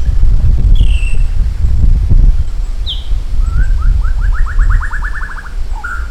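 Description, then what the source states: Maratua shama song: a couple of high whistled notes, then a long accelerating trill of repeated downslurred notes ending in a short whistle, with low rumbling noise throughout. From Maratua.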